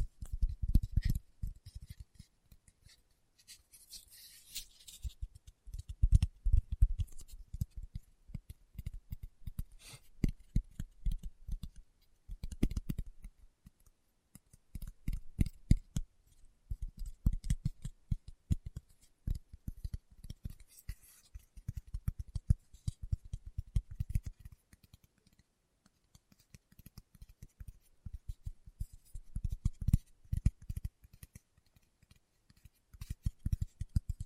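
Fingertips tap in quick, uneven bursts of soft, low thuds with faint clicks, pausing briefly around 14 seconds and near 26 seconds.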